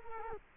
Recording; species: mosquito wingbeat signal from an infrared sensor; Culex quinquefasciatus